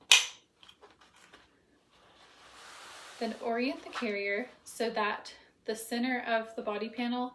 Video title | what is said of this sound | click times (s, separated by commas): Tutorial: WeeSnug by Momcozy | And you should hear an audible click when you click the buckle. | 0.1 s